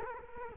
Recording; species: mosquito wingbeat signal from an infrared sensor; Culex quinquefasciatus